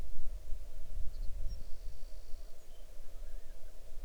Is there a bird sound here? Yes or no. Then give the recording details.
yes. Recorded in the Arctic National Wildlife Refuge, Alaska, on 6 July 2019 at 00:59. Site 39